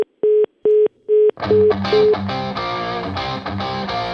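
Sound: phone line tones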